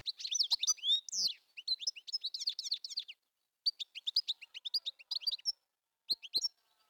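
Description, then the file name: European goldfinch song, a fast tinkling twitter of liquid chirps and short trills, delivered in bursts separated by brief pauses. "tengelic"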